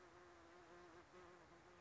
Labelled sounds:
Band-tailed Pigeon
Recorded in Sonoma County, California

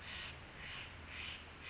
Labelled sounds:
Steller's Jay
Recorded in Sonoma County, California

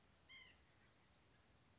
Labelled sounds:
White-breasted Nuthatch
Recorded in Sonoma County, California

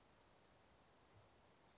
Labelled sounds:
Chestnut-backed Chickadee
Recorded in Sonoma County, California

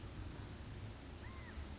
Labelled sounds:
Blue-gray Gnatcatcher
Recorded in Sonoma County, California

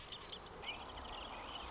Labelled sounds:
Marsh Wren
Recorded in Sonoma County, California

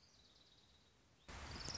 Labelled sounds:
Orange-crowned Warbler
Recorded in Sonoma County, California

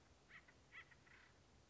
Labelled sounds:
Acorn Woodpecker
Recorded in Sonoma County, California

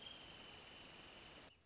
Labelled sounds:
Wrentit
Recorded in Sonoma County, California

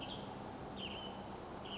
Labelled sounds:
Western Tanager
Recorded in Sonoma County, California

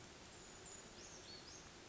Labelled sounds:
Brown Creeper
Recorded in Sonoma County, California

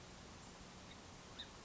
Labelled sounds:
House Finch
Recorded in Sonoma County, California

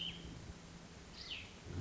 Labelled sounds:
Cassin's Vireo
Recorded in Sonoma County, California

